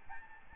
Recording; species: mosquito wingbeat signal from an infrared sensor; Aedes albopictus